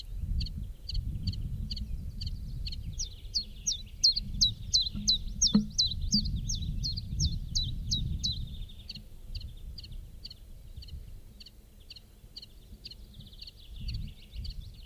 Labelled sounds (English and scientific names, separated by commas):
Common Chiffchaff (Phylloscopus collybita) song